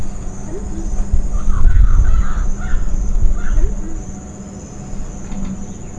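Bird calls, a few rough chattering notes early on and another around the middle, partly masked by loud low rumbling and a constant hum.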